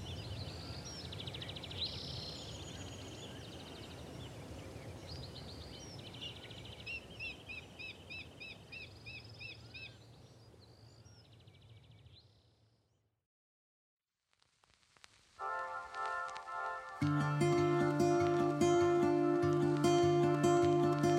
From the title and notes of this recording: The Blue Oaks of Sequoia. The blue oak woodlands in Sequoia National Park in California. A multitude of creatures, great and small, amid the sonic grandeur of nature.